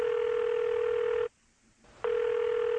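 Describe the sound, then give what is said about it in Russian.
A telephone rings twice on the line, two steady buzzing tones of the same mid pitch separated by a short silence, with no one speaking. “Телефон звонит два раза.”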